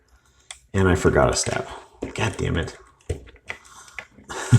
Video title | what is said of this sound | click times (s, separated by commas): XTransbots Savant Review | to tab together and it's gonna clip in right there | 0.5 s